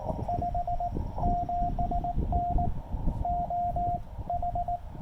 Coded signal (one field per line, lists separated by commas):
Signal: Morse code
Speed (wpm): 17 wpm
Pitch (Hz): 700 Hz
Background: radio noise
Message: 57N OH